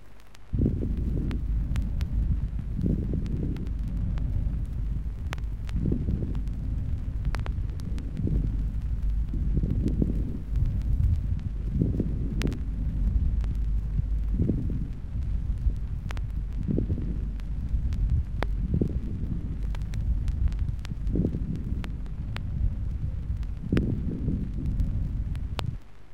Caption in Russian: При застойных явлениях в легких прослушиваются незвонкие влажные хрипы.